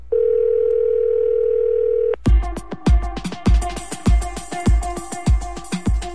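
A steady, unbroken telephone dial tone hums at a single mid pitch for about two seconds, then cuts off abruptly as loud rhythmic music with sharp percussive hits takes over, opening the segment "W telefonicznym skrócie" on Polish Radio Trójka (Program Trzeci Polskiego Radia).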